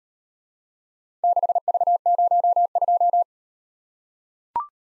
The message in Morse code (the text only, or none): 6V02